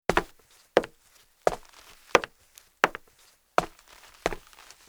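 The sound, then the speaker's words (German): Footsteps walking through a living room at 6:30 on a Sunday morning: about eight steady, evenly paced steps, each a short woody knock on the floor, with no voices and quiet gaps between. “Ich gehe durch das Wohnzimmer.”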